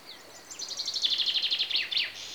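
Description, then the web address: Common chaffinch song: a rapid run of rhythmic repeated notes, stepping down in pitch and ending with a brief flourish. Several chaffinches recorded in Greece together with insects. "BBC Sound Effects Library Greece Birds (Chaffinches) And Insects"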